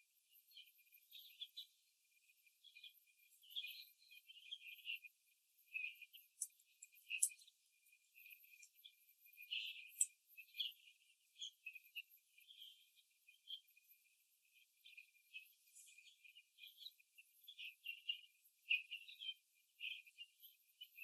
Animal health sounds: young laying hens in a cage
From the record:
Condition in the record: before the stressor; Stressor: simulated dog barking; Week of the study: 2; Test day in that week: 3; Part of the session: 4

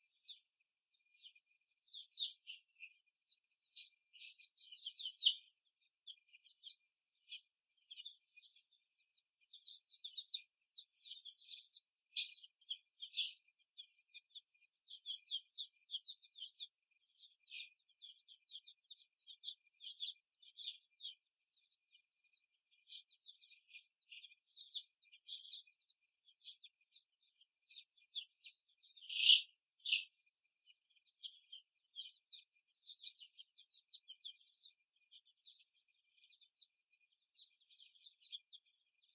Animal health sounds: young laying hens in a cage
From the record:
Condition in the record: after the stressor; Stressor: simulated dog barking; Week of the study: 1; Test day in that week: 2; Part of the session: 1

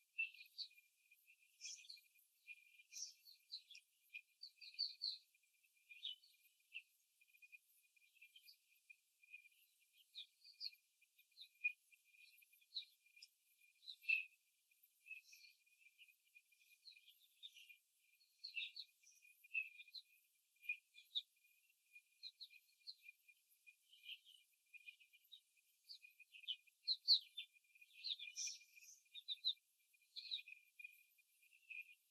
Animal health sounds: young laying hens in a cage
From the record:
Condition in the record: before the stressor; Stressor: simulated dog barking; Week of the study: 3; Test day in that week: 2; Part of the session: 4

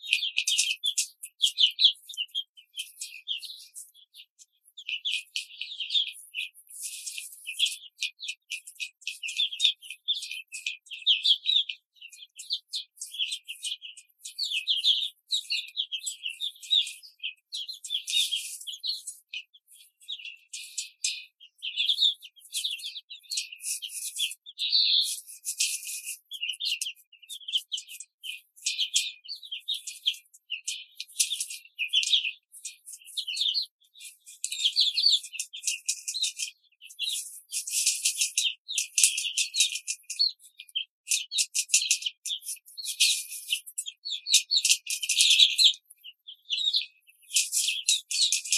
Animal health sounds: young laying hens in a cage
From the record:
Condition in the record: control cage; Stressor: none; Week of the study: 5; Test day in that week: 1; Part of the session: 3

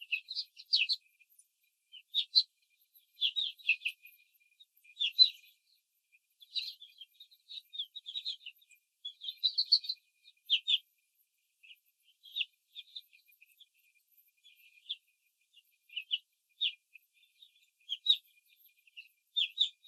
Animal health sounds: young laying hens in a cage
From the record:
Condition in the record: control cage, after the stress test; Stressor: none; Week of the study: 4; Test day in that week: 3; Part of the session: 1

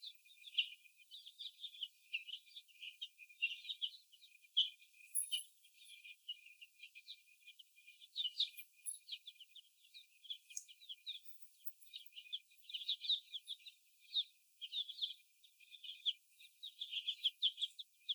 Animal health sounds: young laying hens in a cage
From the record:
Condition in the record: after the stressor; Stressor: sudden umbrella opening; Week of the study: 2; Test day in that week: 1

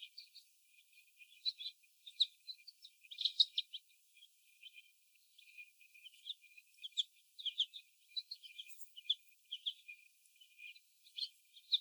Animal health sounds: young laying hens in a cage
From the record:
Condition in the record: before the stressor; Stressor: sudden umbrella opening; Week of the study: 1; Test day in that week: 1

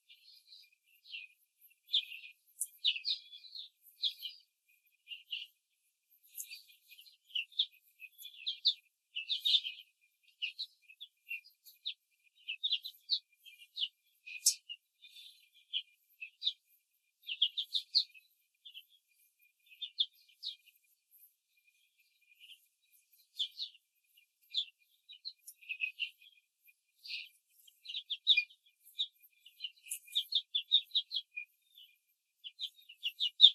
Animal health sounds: young laying hens in a cage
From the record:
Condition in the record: control cage, before the stress test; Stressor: none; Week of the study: 4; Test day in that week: 1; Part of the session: 3

